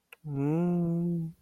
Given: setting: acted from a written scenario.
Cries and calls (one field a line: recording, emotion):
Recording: vocal sound without words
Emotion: adoration